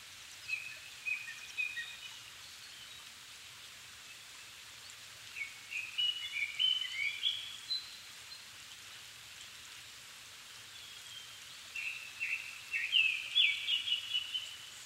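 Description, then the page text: Japanese thrush song: three separate phrases of varied whistled and chattering notes, each a few seconds long, spaced by pauses, over a steady background hiss. Recorded 7 May 2011 at 17:59, evening; altitude 270 m; Sony PCM-D50 recorder with Panasonic WM-61A mic. "Turdus cardis [Sounds -Nikko Today-]"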